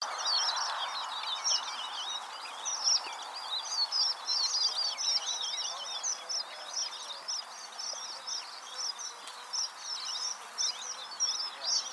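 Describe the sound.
Red avadavat song: a steady stream of high, sweet chirps and twitters overlapping throughout.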